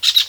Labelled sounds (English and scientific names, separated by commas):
Brown-throated Parakeet (Eupsittula pertinax) contact call